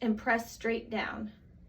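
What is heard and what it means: An auto-injector pen is being handled against a cleaned injection site, about to be pressed straight down, while someone talks. Nothing has clicked or fired yet; the clip ends before the pen goes off.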